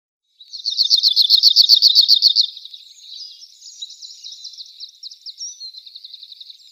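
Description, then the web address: Cirl bunting song: a fast, dry, even rattle of high notes for about two seconds, then a fainter, scratchy, varied twittering that runs on to the end. "Schulze Peter Cirl Bunting song"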